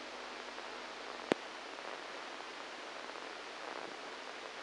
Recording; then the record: brain microelectrode recording played as sound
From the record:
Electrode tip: inside the subthalamic nucleus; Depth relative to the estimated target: -1 mm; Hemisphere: right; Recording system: NeuroSet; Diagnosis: Parkinson's disease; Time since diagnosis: 7 years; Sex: male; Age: 69 years